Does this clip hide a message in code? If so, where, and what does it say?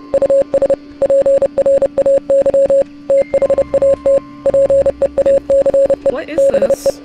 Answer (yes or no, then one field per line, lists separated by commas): yes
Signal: Morse code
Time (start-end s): 0.1-6.9 s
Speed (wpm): 30 wpm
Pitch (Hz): 550 Hz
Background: speech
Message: US PRAY THAT PEACE BE